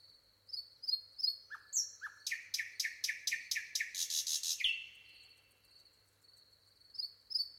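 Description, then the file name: Common nightingale song: soft whistles and falling notes leading to a rapid run of loud repeated chirps and a buzzy rattle, then quieter whistles. "Luscinia megarhynchos"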